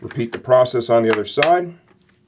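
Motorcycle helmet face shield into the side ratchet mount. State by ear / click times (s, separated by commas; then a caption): not seated / none. A polycarbonate face shield on an HJC C70 motorcycle helmet is handled at the second side ratchet mount while someone talks for most of the clip. Only a few faint, brief taps follow around 2.0–2.1 s. Nothing has seated or clicked into the mount yet.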